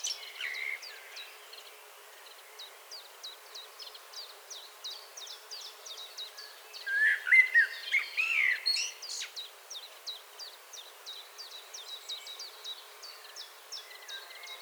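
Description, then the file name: Common blackbird giving one low fluty warbled phrase rising into squeaky notes midway, over a steady series of high thin ticking notes from another bird. "Turdus merula 181122"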